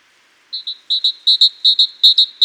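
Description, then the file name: Great tit song of sharp, high paired notes repeated in a steady rhythm, five full phrases before the next begins at the end. "Parus major"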